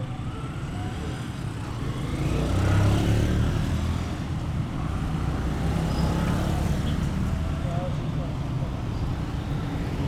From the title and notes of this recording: Soundscapes of gates of Tehran, Sound artist: Vedad Famourzadeh.